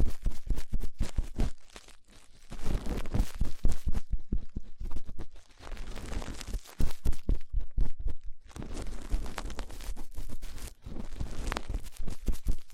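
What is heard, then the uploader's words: Rough ear cleaning, a dense run of scratchy, crackling rubs and crinkles with strong low thumps. Bursts come in quick irregular clusters, with short pauses near 2, 5.5 and 8.5 seconds before the scraping picks up again. ASMR Rough Ear Cleaning (No Talking).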